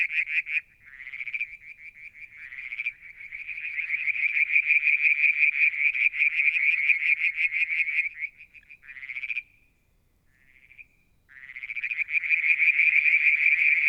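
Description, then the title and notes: Frogs calling in long, loud pulsed trills, nearly continuous, broken by one short gap before the calling resumes. Calling one evening near a water tank at Mount Wilson, New South Wales, Australia, July 2022. "Frog song, Mount Wilson, New South Wales, Australia in July 2022 – by Alexander Moffatt. Limnodynastes Peronii, Litoria Verreauxii and a mystery frog one evening near the water tank"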